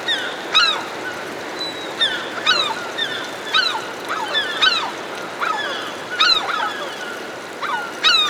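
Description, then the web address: Herring gulls giving loud downslurred yelping calls, several birds overlapping, bursts roughly every second or two. Several herring gulls hovering overhead. "210 Nature Sounds - 20 Hours of Relaxing Natural Ambiences for Meditation and Sleep Herring Gulls Hovering Overhead"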